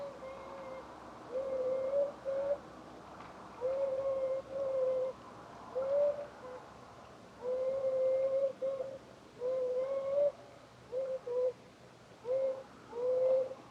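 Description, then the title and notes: Eurasian beaver series of whines, mid-pitched wavering tones of varying length, some long and some clipped short, coming steadily throughout. Czarny Dunajec, Lesser Poland, Poland; recorded with a Zoom F3 and Usi Pro microphones in a drop rig. "Czarny Dunajec, województwo małopolskie, Polska - Voice of European Beaver. Recordist: Maciej Wirmański"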